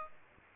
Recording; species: mosquito wingbeat signal from an infrared sensor; Aedes aegypti